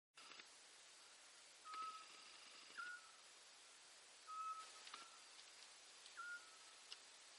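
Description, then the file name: Eurasian scops owl uttering a clear, short whistled hoot, four times at intervals of one to two seconds, with a few clicks and hiss behind. "Autillo europeo Otus scops"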